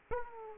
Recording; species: mosquito wingbeat signal from an infrared sensor; Aedes aegypti